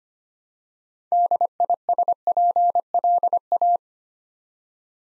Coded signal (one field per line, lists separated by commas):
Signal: Morse code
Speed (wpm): 25 wpm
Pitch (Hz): 700 Hz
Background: none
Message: DISPLA